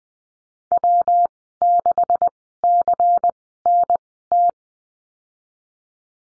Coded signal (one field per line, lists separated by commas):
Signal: Morse code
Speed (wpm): 19 wpm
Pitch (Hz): 700 Hz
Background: none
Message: W6CNT